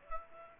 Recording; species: mosquito wingbeat signal from an infrared sensor; Aedes aegypti